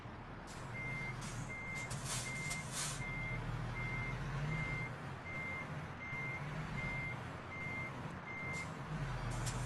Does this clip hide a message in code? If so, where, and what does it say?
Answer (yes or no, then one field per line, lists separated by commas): no